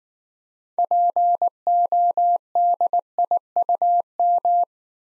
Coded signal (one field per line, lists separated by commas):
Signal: Morse code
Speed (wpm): 19 wpm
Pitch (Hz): 700 Hz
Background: none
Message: PODIUM